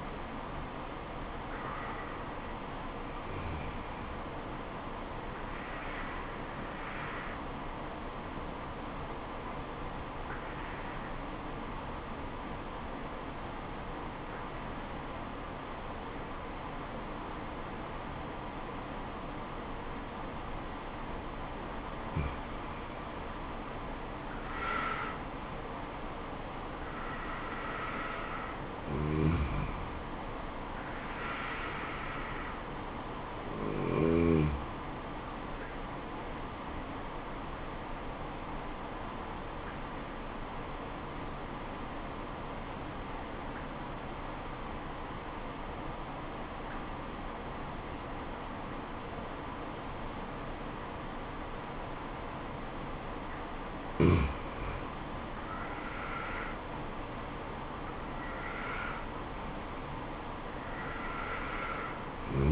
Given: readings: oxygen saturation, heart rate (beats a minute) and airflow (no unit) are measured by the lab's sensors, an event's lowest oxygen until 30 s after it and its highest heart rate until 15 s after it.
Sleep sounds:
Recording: breathing in sleep by a voice recorder at the bedside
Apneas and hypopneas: 2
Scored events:
11.00-23.30 s: obstructive apnea (N1, oxygen 96% highest, then 90% lowest, heart rate 71 at the start, 77 highest)
23.00-53.00 s: new sleep stage, N2 (light sleep)
37.00-55.60 s: obstructive apnea (N2, oxygen 95% highest, then 87% lowest, heart rate 71 at the start, 75 highest)
53.00-62.52 s: new sleep stage, N1 (lightest sleep)
From the record:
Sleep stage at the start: N1 (lightest sleep)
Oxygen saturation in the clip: 90 to 96%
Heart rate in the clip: 67 to 77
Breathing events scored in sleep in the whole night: 426 in 7.4 hours asleep

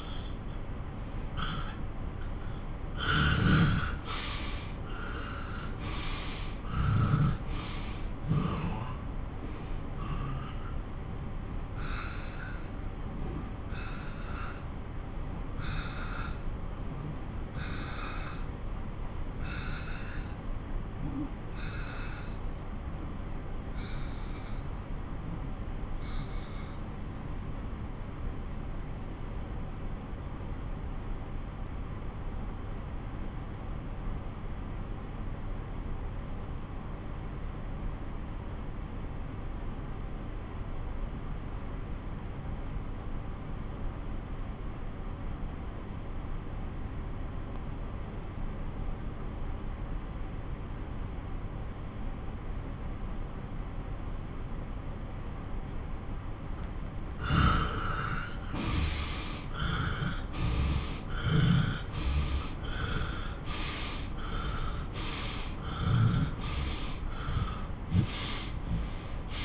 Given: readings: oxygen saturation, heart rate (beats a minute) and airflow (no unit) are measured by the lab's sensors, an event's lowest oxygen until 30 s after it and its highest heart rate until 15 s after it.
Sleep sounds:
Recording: breathing in sleep by a smartphone at the bedside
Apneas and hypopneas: 1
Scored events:
10.00-53.90 s: obstructive apnea (N1, oxygen 95% highest, then 89% lowest)
12.00-42.00 s: new sleep stage, N2 (light sleep)
42.00-69.45 s: new sleep stage, N1 (lightest sleep)
From the record:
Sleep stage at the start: N1 (lightest sleep)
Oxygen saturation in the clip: 87 to 95%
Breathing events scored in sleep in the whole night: 217 in 6.3 hours asleep

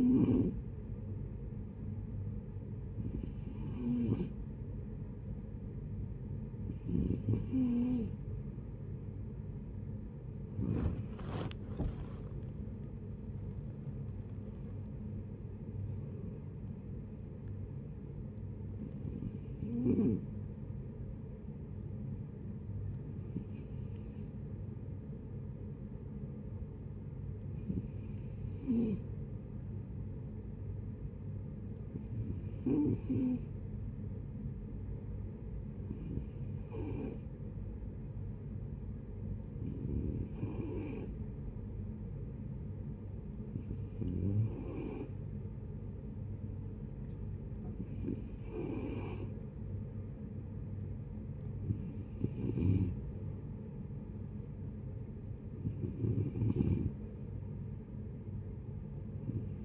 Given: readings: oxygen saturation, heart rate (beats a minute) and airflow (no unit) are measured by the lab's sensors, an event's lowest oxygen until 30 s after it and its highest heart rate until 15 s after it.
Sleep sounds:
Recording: breathing in sleep by a smartphone at the bedside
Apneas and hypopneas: 1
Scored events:
6.00-36.00 s: new sleep stage, N1 (lightest sleep)
28.00-48.70 s: hypopnea (N1, oxygen 95% highest, then 91% lowest)
36.00-59.65 s: new sleep stage, N2 (light sleep)
From the record:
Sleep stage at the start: N2 (light sleep)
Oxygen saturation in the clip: 91 to 95%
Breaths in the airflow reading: 15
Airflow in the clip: -12.5 to 11.9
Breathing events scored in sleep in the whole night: 496 in 5.4 hours asleep

